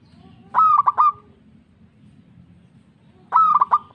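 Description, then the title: Zebra dove song phrases: a drawn-out cooing note followed by two or three quick clipped notes, given twice with a pause between, over low background hum. Local-type zebra dove (perkutut lokal). "Kicau Perkutut Lokal"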